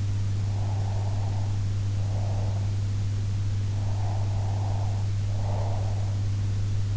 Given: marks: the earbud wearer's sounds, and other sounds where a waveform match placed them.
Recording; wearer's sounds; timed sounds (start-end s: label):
sounds in sleep by an in-ear microphone; breath
0.33-2.96 s: breath
3.70-6.48 s: breath